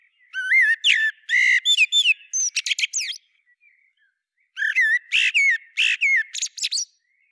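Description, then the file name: Common blackbird pouring out two dense phrases of fluty, warbling whistles mixed with high squeaky twitters, split by a short pause. "Turdus merula"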